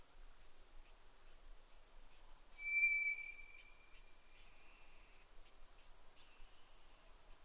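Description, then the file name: White's thrush song: a long, pure, level whistle lasting nearly a second, with a few faint ticks around it in a quiet background. Sung at night, 22:35, on 11 June 2011. "toratugumi-20110611-2235"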